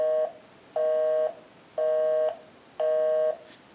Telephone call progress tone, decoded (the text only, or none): busy tone